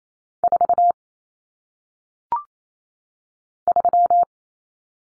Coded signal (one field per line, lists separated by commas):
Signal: Morse code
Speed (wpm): 28 wpm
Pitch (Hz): 700 Hz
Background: none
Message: 4 3